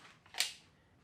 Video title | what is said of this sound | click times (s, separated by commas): The most in depth Springfield Armory Echelon Review You Will See! | the mag well on there and it will lock into place now | 0.4 s